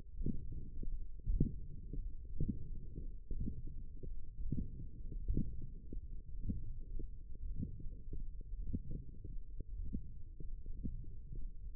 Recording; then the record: forearm muscle sounds (acoustic myography)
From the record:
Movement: wrist extension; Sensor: system 1, eight BSWA MPA416 microphones around the upper forearm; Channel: 2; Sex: male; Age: 23 years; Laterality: right